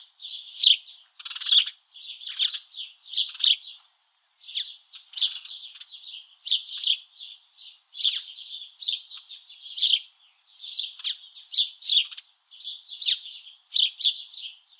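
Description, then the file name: House sparrow chirping in quick irregular runs of short harsh chirps with brief pauses. "Passer domesticus"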